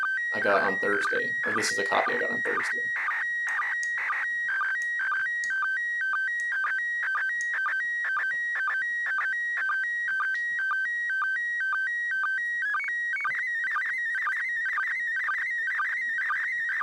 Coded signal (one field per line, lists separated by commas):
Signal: SSTV (slow-scan television)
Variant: PD 120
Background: speech